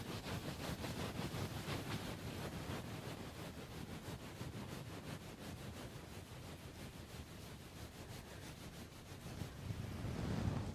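Wind buffets a muffled microphone in a steady, dense rumble that sits mostly in the low end. Rapid gusty pulses flutter through it without pause, and the roar swells a little louder in the last second or two.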